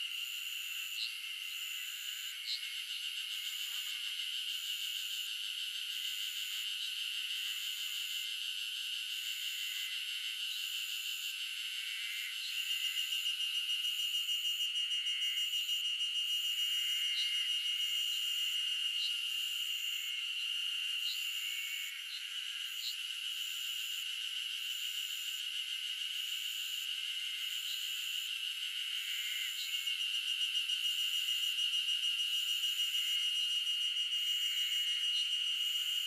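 Insects buzz and hum without pause on an early summer morning in the mountains of Shizuoka, Japan, a dense, bright, high drone with a strong steady band on top. Faint chirps flick in and out, and the chorus swells slightly louder after about thirteen seconds.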